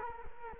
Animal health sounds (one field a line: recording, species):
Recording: mosquito wingbeat signal from an infrared sensor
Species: Culex quinquefasciatus